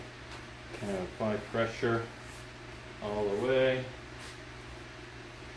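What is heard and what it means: A vinyl top trim piece is pressed into the J channel and door frame trim along a crawlspace door frame, starting at one end and applying pressure all the way across. Someone talks in two short stretches over a steady low hum. Nothing has snapped or seated yet.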